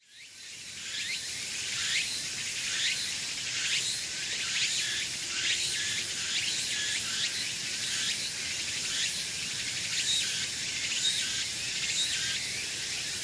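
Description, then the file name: Walker's cicada song: a dense high buzzing broken into repeated pulsing phrases about once a second, continuing steadily throughout with no other clear sounds. "Meimuna opalifera"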